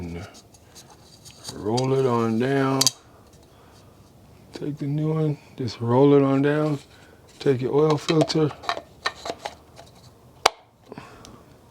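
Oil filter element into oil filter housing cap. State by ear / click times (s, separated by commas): seated / 10.5 s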